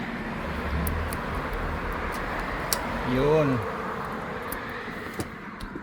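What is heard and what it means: A door lock on a container-van room door is locked at checkout, clicking sharply at 0.9 s and 2.7 s over steady outdoor background noise. Someone talks, and a short voiced sound rises and falls around 3.3 s. The lock is confirmed shut.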